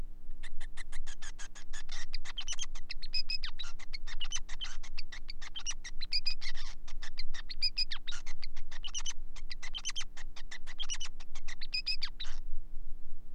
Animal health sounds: song of a male Bengalese finch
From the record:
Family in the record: son of father 5

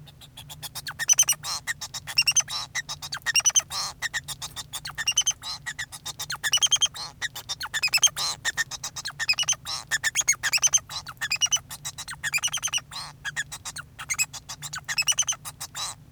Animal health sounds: song of a male Bengalese finch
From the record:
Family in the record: son of father 2

